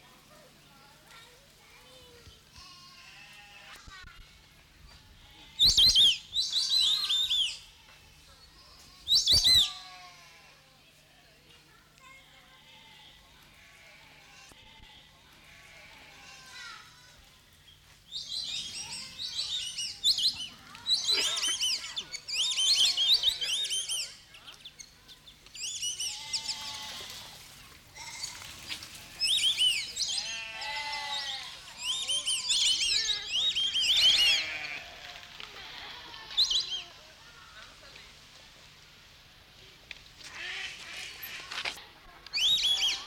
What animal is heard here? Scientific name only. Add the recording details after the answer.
Dendrocygna viduata. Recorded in captivity. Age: adult. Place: Zoo Augsburg, Bayern, DE. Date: 1993-09-04. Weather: 14 °C, bedeckt. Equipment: Marantz CP 430, Sennheiser MKH 416 T, Kopie Uher Variocord 263. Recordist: Tembrock, Günter. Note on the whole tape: Lautfolgen in Trupp